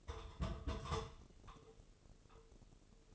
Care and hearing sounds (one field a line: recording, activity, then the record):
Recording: daily activity, microphone in the room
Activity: take from stove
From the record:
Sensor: 4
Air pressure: 996.2 hPa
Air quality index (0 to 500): 73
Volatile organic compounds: 3 ppm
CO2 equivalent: 1355 ppm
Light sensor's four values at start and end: 19/51/19/21 and 19/51/19/21